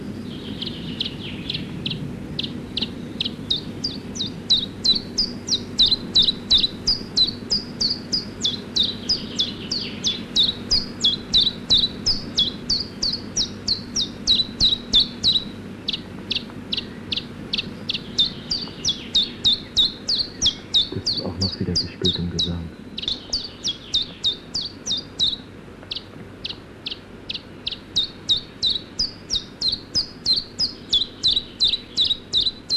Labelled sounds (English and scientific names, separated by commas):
Common Chiffchaff (Phylloscopus collybita)